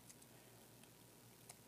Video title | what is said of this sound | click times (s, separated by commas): Transformers: Lost Age - AD-28 Deluxe SNARL | Click. Like that. | 1.5 s